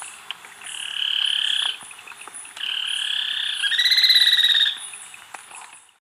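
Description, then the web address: Spillmann's tapaculo song: long buzzy churring trills lasting about a second each, the last one higher and more clearly pulsed, with faint high background hiss. Recorded in Ecuador. "Birds of Ecuador Spillmann's Tapaculo"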